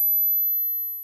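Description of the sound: A steady, very high-pitched pure tone of 12,000 Hz lasts about one second and fades slightly at the end. As a hearing check, not hearing it may mean early hearing loss is beginning, since high pitches are lost first with age; the human ear is built to perceive up to 16,000 Hz.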